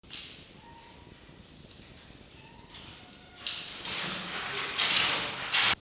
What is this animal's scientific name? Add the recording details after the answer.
Vulpes vulpes. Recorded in captivity. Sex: male. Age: adult. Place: Zoologisches Institut der HUB, Berlin, DE. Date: 1952-11-20 12:58. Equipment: Elmetra. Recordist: Tembrock, Günter. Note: Castors Rückkehr ins Fuchszimmer. Castor: Winseln (in der Transportkiste)